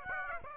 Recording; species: mosquito wingbeat signal from an infrared sensor; Aedes aegypti